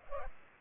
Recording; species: mosquito wingbeat signal from an infrared sensor; Culex pipiens